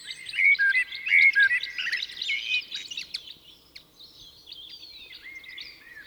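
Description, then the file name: Common blackbird opening with several loud, clear fluty notes in quick succession, fading into soft background twitters and thin whistles of other birds. "Turdus merula"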